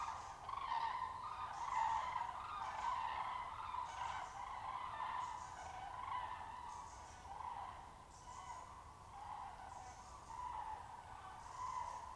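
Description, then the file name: Common crane flock giving a continuous chorus of rolling, trumpet-like calls, with bursts recurring roughly once a second. At Der. "Grue-cendrée-Der"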